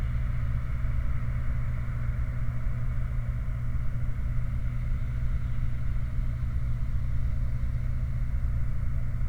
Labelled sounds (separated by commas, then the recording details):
machinery, flare stack
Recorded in the Prudhoe Bay oil fields, Alaska, on 29 July 2019 at 04:17
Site 29